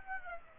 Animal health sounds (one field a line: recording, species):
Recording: mosquito wingbeat signal from an infrared sensor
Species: Aedes aegypti